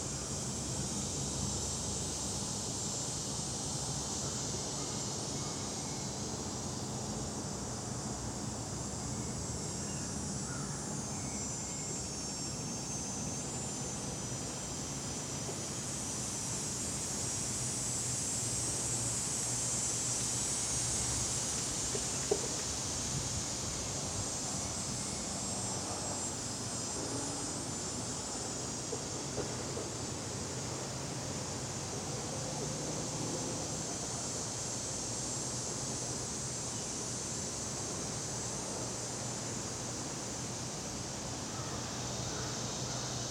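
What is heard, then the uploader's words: An outdoor dusk scene in the Catskills, with a dense, steady high-pitched insect chorus that swells a little in the middle before settling. A low rumble like traffic runs underneath throughout, and a couple of faint clicks stand out near the 22-second mark. Catskills, Outdoor Dusk 2 by Bandeto.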